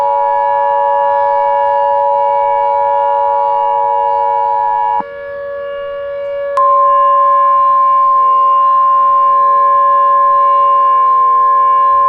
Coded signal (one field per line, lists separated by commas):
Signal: Emergency Alert System (SAME) tones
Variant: 853 and 960 Hz attention tone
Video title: EAS Mock Scenario: Green Blob Invasion